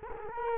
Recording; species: mosquito wingbeat signal from an infrared sensor; Culex quinquefasciatus